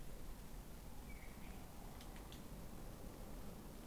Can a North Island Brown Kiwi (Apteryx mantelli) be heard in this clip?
no